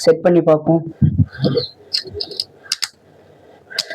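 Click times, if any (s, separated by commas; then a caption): 2.7 s, 2.8 s. A plastic spinning-top layer is twisted onto its disc/driver base while someone talks. Two sharp clicks at 2.7 s and 2.8 s mark the parts locking together, and the top is seated.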